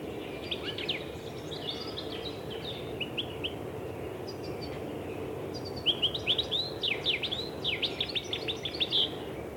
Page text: Щегол